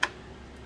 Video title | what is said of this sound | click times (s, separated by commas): 06 Guillows Sopwith Camel Assembly - balsa RC Conversion model 801. Time-lapse. | i hear you if you heard it there was a click it | 0.0 s